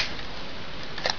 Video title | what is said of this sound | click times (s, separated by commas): Part 2 review of 1/72 VF-27γ Lucifer Valkyrie Brera Sterne Custom model kit | I'll free this one again by pinching close to the point where the tab is and just pulling back and you'll hear a snap once the plastic frees | 1.1 s